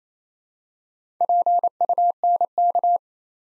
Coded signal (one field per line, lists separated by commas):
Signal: Morse code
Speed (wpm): 27 wpm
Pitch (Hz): 700 Hz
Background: none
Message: PUNK